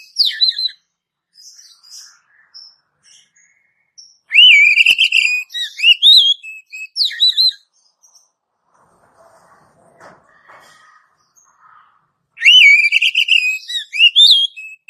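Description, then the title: Oriental magpie-robin giving loud, clear whistled phrases, each a held note breaking into varied slurred twists, twice, with faint scratchy notes between. "Kacer"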